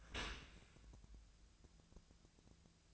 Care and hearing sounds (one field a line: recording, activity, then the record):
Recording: daily activity, microphone in the room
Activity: open dishwasher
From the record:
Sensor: 2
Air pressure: 1000.4 hPa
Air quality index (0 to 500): 163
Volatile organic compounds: 3 ppm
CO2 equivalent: 1349 ppm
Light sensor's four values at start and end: 11/31/12/14 and 11/31/12/13